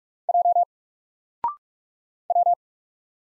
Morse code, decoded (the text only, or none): J W